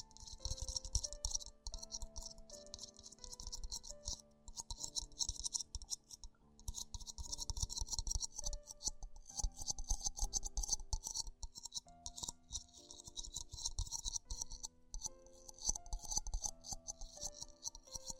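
Tingly ear sounds: dense, crackling scratches and rustles, hissy and bright, come in rapid bursts almost without a break, dropping out briefly around six and twelve seconds. Underneath runs a steady low hum with faint held tones that shift now and then.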